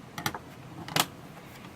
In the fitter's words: if you heard it snap it snaps right in